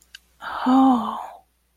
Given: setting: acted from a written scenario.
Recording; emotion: vocal sound without words; awe